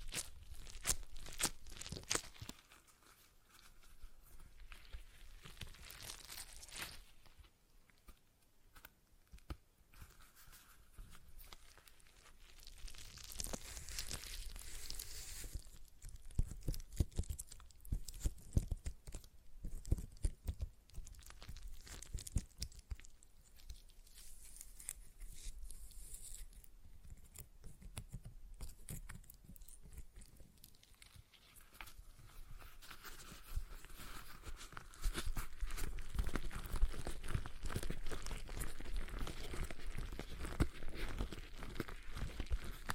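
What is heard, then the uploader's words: A stress ball being squeezed gives dense crinkling and crunching bursts, quieter near eight to twelve seconds, louder and busier after thirty-five seconds. ASMR Relaxing Stress Ball Sounds (No Talking).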